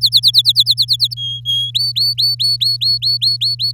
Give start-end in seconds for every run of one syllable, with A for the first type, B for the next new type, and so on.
0.01-1.14 A, 1.16-1.71 B, 1.74-3.72 C